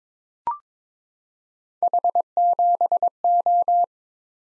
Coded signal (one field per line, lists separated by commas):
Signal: Morse code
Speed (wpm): 23 wpm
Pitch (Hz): 700 Hz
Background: none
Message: H7O